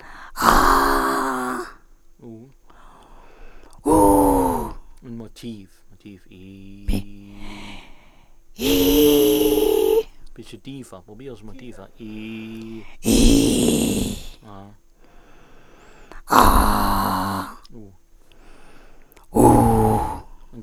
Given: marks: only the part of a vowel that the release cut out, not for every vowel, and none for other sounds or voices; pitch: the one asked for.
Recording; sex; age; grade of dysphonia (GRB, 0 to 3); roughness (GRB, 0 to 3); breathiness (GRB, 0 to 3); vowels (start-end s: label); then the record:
sustained vowels; female; 60 to 69 years; 3; 3; 2
0.53-1.39 s: vowel /a/, high pitch
3.93-4.50 s: vowel /u/, high pitch
13.15-14.02 s: vowel /i/, low pitch
16.45-17.30 s: vowel /a/, low pitch
19.45-20.01 s: vowel /u/, low pitch
From the record:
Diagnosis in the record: leukoplakia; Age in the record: 67 years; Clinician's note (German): Beidseitig, Zustand nach zweimaliger Abtragung